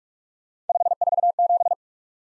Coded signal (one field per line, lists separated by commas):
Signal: Morse code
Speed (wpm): 44 wpm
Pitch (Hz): 700 Hz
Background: none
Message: 547